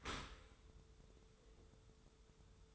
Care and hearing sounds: daily activity, microphone in the room; open dishwasher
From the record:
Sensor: 3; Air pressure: 1015.0 hPa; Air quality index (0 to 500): 33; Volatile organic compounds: 1 ppm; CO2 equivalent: 549 ppm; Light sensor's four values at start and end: 11/26/11/11 and 11/26/11/11

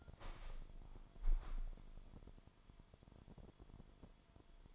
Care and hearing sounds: daily activity, microphone in the room; open window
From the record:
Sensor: 5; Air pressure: 998.1 hPa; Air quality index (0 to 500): 99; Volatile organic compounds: 2 ppm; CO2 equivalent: 1135 ppm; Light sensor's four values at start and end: 27/65/27/30 and 27/65/27/30

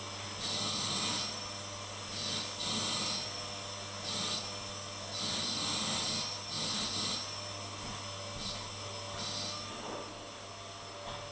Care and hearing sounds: daily activity, microphone in the room; vacuum cleaning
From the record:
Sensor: 4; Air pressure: 1000.9 hPa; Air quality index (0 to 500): 138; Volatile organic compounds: 2 ppm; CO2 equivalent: 1024 ppm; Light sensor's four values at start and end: 29/69/29/31 and 29/69/29/31

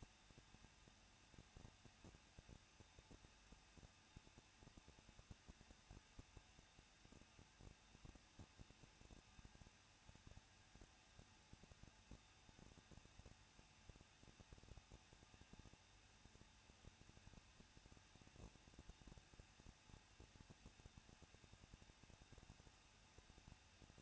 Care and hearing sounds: daily activity, microphone in the room; no activity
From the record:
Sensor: 2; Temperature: 21.0 degrees Celsius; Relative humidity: 37.4%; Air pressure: 1006.2 hPa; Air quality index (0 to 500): 221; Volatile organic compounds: 24 ppm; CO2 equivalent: 2803 ppm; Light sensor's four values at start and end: 2/3/2/2 and 2/3/2/2

